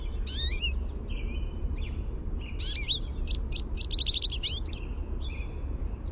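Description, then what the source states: American goldfinch contact song: clear slurred notes and quick repeated chips in a short series, over a steady low rumble. Contact song, a "sweeet" note.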